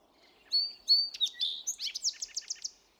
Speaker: That's a song sparrow recorded at the Carmen Valley